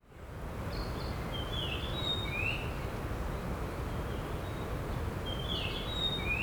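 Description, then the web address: Japanese grosbeak song, bright whistled notes in brief slurred phrases, given twice, against a constant deep rumbling noise. "bird song ikaru"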